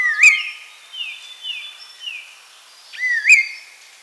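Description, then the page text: Chestnut-crowned laughingthrush calls: a loud slurred whistle with a sharp upward flick, three short descending whistled notes, then another strong rising whistle near the end. "Chestnut-Crowned Laughingthrush Call. Quick Sounds"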